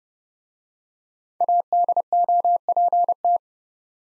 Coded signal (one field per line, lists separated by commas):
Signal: Morse code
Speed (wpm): 29 wpm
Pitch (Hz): 700 Hz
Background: none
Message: ADOPT